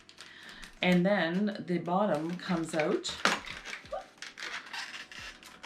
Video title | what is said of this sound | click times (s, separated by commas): Shark Rocket Stick Vacuum Buying Guide and Review | just clicks right in as you can hear the wand is very long | 0.1 s